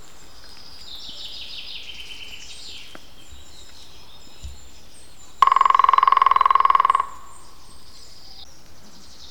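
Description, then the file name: European green woodpecker drumming: a single fast, even roll lasting about one and a half seconds, with other birds singing high and thin before and after. Drumming, recorded 21 April 2001. "zöld küllő dob 20010421"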